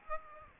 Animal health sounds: mosquito wingbeat signal from an infrared sensor; Aedes aegypti

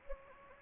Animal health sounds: mosquito wingbeat signal from an infrared sensor; Anopheles gambiae

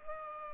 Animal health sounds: mosquito wingbeat signal from an infrared sensor; Culex pipiens

